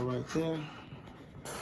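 Someone talks while fitting the foam/plastic engine cowl onto the nose of an E-flite Carbon-Z T-28 Trojan 2.0m RC warbird, with soft rubbing and handling sounds. Nothing has seated or clicked yet.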